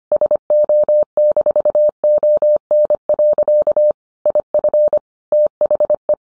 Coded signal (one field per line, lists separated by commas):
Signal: Morse code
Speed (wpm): 25 wpm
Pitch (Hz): 600 Hz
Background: none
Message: SO-ON. IF THE